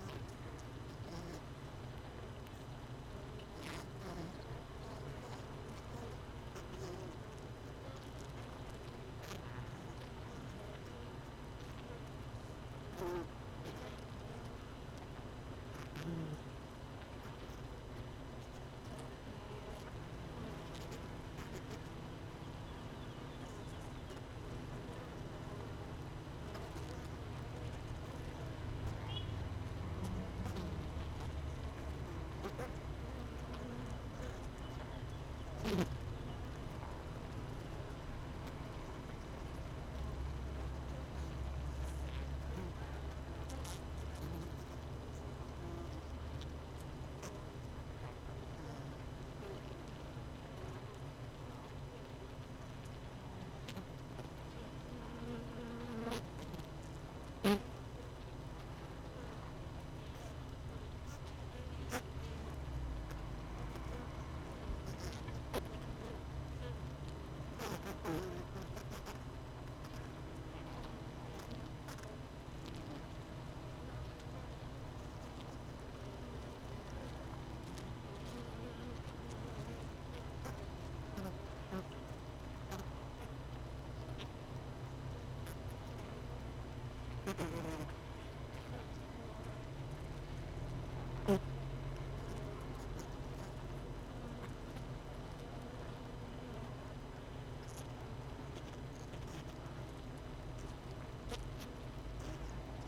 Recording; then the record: honeybee colony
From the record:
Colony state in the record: missing queen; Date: 31 May 2018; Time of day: 17:33